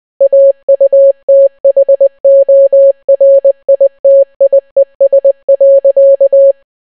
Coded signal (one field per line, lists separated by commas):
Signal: Morse code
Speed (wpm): 20 wpm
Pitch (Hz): 550 Hz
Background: none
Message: AUTHORITIES.